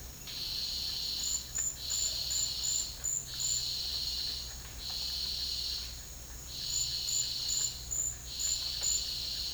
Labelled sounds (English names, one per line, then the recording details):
none
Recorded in dense forest near Puerto Asís, Putumayo, Colombia, on 12 March 2025 at 11:30
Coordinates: 0.484, -76.325
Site G045